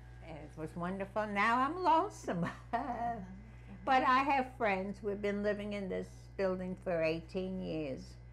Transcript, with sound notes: it was wonderful. Now I'm lonesome. [Chuckles] But I have friends. We've been living in this building for eighteen years